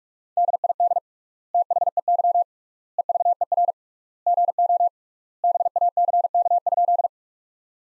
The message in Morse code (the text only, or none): DID THEY EVER GO BACK?